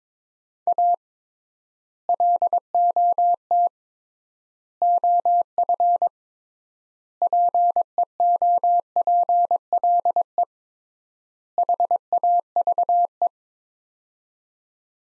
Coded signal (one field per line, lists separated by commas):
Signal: Morse code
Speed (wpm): 22 wpm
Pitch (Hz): 700 Hz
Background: none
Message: A LOT OF PEOPLE HAVE